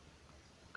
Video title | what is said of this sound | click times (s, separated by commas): Penjelasan & Cara Membuat Kabel Jaringan LAN ( Straight & Crossover ) | ketika sudah terdengar bunyi klik maka sudah saja dan | 0.8 s